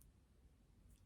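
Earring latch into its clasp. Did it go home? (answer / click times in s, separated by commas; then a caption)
no / none. Someone tries to snap the small metal latch of a broken hoop earring shut into its clasp; the earring had been dropped, which may have broken the latch. Only faint, soft ticks and light handling noise are heard against a quiet background. The latch does not hold and nothing clicks shut.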